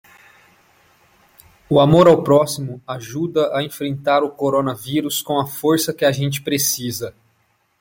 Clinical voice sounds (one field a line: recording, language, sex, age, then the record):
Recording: spoken sentence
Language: Brazilian Portuguese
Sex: male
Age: 30 to 39 years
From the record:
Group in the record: control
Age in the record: 32 years